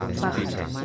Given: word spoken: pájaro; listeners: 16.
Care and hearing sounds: one Spanish word in noise, from a listening test; eight-talker babble; -1.9 dB; 1 of 16; 14 of 16; 0.45 s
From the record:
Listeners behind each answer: 14, 1, 1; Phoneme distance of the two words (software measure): 7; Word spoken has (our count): 3 syllables, 6 phonemes, stress on syllable 1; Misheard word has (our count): 3 syllables, 7 phonemes, stress on syllable 1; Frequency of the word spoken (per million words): 14.36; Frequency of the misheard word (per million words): 21.06

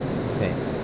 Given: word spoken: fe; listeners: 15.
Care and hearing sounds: one Spanish word in noise, from a listening test; speech-shaped noise; -5.1 dB; 2 of 15; 6 of 15; 0.44 s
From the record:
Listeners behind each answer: 6, 2, 1, 1, 1, 1, 1, 1, 1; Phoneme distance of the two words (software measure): 31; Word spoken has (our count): 1 syllable, 2 phonemes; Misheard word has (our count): 2 syllables, 5 phonemes, stress on syllable 2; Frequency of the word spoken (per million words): 72.85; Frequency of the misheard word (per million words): 405.98

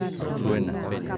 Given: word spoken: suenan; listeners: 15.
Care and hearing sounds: one Spanish word in noise, from a listening test; eight-talker babble; -1.9 dB; 1 of 15; 10 of 15; 0.78 s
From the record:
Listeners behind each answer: 10, 1, 1, 1, 1, 1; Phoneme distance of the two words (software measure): 7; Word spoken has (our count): 2 syllables, 6 phonemes, stress on syllable 1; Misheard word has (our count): 2 syllables, 5 phonemes, stress on syllable 1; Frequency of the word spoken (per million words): 5.18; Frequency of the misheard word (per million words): 21.54

